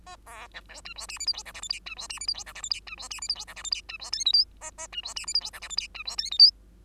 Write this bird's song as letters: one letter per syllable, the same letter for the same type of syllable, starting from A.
A B C D E F G H I J K L M N E F G H I J K L M N E F G H I J K L M N E F O P Q A A E F G H I J K L M N E F O P Q